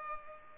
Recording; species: mosquito wingbeat signal from an infrared sensor; Culex pipiens